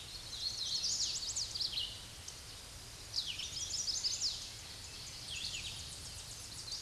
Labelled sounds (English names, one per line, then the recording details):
Red-eyed Vireo song
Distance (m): 25 m
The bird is about 10 m above the microphone
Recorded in a Pennsylvania forest on 16 May 2024 at 07:16
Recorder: AudioMoth, point MSD-2208
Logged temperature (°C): 15.2 °C
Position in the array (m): 165 m, 70 m